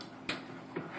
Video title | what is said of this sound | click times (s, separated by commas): Tupperware opportunity kit demonstration video | and you will hear it snap | 0.3 s